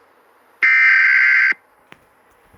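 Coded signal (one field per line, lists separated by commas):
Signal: Emergency Alert System (SAME) tones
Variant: header bursts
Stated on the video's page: Fictional scenario alert, not a real broadcast.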